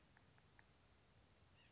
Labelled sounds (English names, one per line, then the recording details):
White-breasted Nuthatch
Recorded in Sonoma County, California